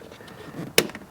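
A plastic retaining clip on the mass airflow sensor cable is pushed home at the engine air intake while the sensor and its cable are being refitted. It gives a single sharp, broadband snap at 0.8 s, followed by two faint small ticks. The clip is seated in place.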